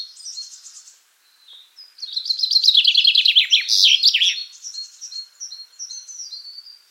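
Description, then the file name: Common chaffinch song: a loud rattling trill that descends and ends in a flourish, with thin whistles and chirps before and after. "Fringilla coelebs"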